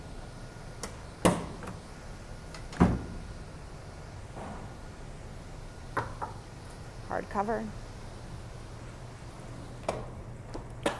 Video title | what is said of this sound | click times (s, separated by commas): Silver 2012 Toyota Tacoma TRD Sport Review Edmonton Alberta - Lexus of Edmonton | snaps into place | 10.9 s